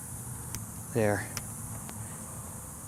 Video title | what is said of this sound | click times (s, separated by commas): Final Check Flight | you kind of hear that snap yeah | 0.5 s